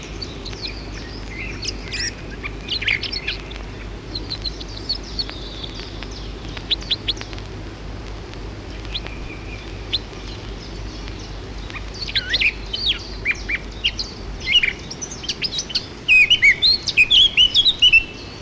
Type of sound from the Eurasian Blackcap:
song